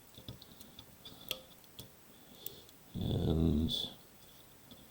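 A plastic model-kit wheel is handled and pressed toward its axle, with a series of small, sharp plastic ticks and taps, and someone briefly talks partway through. Nothing has seated or clicked into place yet.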